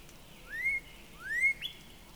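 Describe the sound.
Northern Cardinal song, two loud upward-sweeping whistles in quick succession followed by a short sharp high note, against quiet background hiss.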